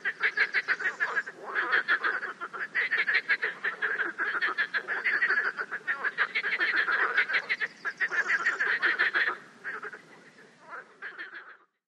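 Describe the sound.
Frog giving quick, rough, pulsing croaks in a steady run, thinning out and fading near the end.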